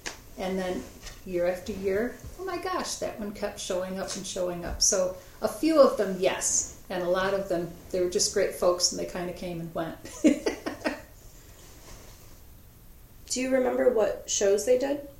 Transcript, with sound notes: And then year after year, oh my gosh, that one kept showing up and showing up, so a few of them, yes. And a lot of them, they were just great folks and they kind of came and went. [Laughter.]
Do you remember what shows they did?